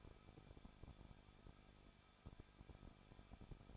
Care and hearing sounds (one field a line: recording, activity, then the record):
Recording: daily activity, microphone in the room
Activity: no activity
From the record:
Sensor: 5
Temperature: 20.8 degrees Celsius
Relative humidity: 38.2%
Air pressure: 1006.5 hPa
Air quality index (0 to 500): 187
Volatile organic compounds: 18 ppm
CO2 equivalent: 2620 ppm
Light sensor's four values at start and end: 2/3/1/1 and 2/3/1/1